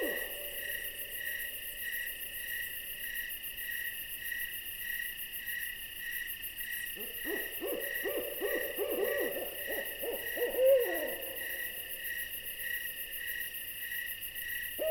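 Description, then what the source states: Owl: insects trill steadily for several seconds before an owl breaks in with a rapid string of short quavering notes. An owl visiting.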